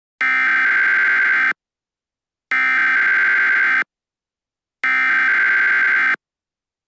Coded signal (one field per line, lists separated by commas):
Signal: Emergency Alert System (SAME) tones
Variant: header bursts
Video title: EAS Scenario - Parasitic Violence